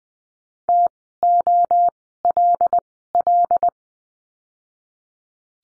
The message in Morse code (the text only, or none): TOLL